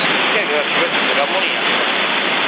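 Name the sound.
running water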